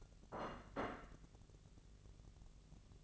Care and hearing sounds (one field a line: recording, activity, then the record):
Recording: daily activity, microphone in the room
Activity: place plate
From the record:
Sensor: 4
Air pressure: 1001.0 hPa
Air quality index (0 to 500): 145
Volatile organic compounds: 2 ppm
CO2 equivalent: 1067 ppm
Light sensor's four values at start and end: 26/62/25/27 and 26/62/25/27